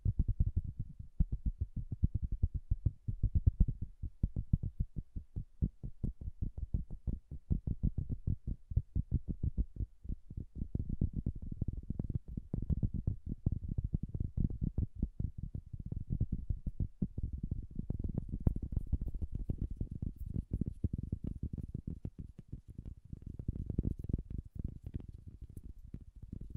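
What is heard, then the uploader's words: Soft, bassy tapping goes on continuously for the whole stretch, a dense patter of quick, irregular thumps that sit low with little brightness. The taps crowd together in places, then thin slightly, with a few sharper clicks appearing later on. ASMR Bassy and Soft Tapping Sounds.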